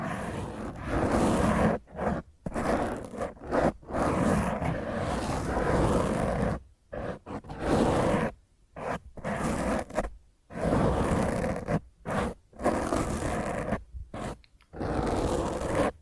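Fingernails rasp roughly across a microphone in dense, gritty bursts that fill the sound from deep rumble to bright hiss. The scratching runs in uneven strokes of a second or two, broken by brief dead-silent gaps, with longer pauses near seven and ten seconds.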